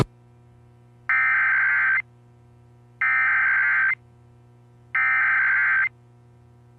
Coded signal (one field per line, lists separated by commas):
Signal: Emergency Alert System (SAME) tones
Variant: header bursts